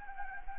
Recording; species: mosquito wingbeat signal from an infrared sensor; Anopheles gambiae